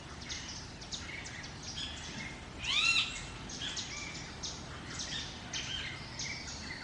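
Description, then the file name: Parrot giving a single strong arched squawk with clear harmonics near the middle, surrounded by many softer chirps from other birds. Jungle ambience. "Jungle and parrot"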